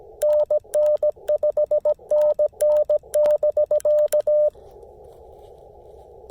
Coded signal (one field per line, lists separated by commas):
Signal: Morse code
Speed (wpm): 17 wpm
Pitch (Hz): 590 Hz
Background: radio noise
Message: NN5NN <BK>